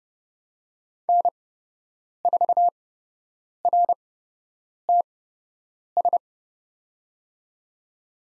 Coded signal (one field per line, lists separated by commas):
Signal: Morse code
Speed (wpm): 30 wpm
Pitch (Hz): 700 Hz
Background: none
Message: N4RTS